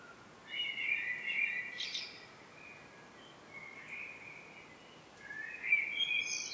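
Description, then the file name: Common blackbird song: a low warbled, fluty phrase followed by a thin high twitter, then another mellow phrase and a rising squeaky ending over steady background hiss. "Turdus merula"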